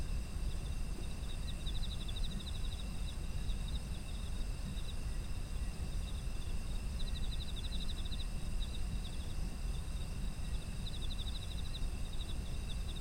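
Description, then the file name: Pulsed high-pitched insect trills repeat in bursts every few seconds over unbroken shrill tones and a persistent low rumble. Ambient sound of insects in autumn. "秋の虫の環境音"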